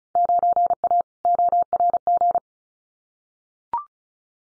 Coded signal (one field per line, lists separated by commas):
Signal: Morse code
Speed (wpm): 34 wpm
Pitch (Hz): 700 Hz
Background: none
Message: 9A ORG